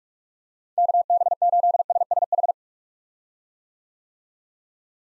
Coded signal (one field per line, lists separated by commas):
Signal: Morse code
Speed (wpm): 44 wpm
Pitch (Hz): 700 Hz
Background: none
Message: KB8SSH